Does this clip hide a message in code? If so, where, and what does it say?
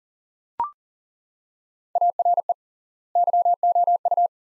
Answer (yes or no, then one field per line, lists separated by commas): yes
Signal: Morse code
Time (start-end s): 2.0-4.3 s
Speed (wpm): 40 wpm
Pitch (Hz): 700 Hz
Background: none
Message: ARE YOU